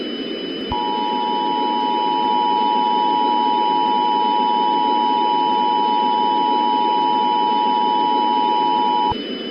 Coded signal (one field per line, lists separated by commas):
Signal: Emergency Alert System (SAME) tones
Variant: 853 and 960 Hz attention tone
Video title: The Caillou-25 Virus Pandemic, An EAS Scenario #easscenario #pandemics #scary